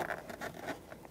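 On a 1997-2006 Jeep Wrangler during a combination switch replacement, the lower plastic steering column shroud is handled and pushed up onto the steering column on the ignition switch side. Soft scratchy, rustling plastic handling sounds patter through the clip. Nothing has seated or clicked yet.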